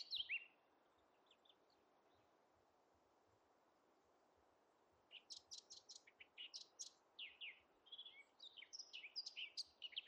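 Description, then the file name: Eurasian blackcap song, a short burst of notes at the start, a quiet pause, then a stream of high chattering and warbled notes, with steady hiss behind. "Sylvia atricapilla"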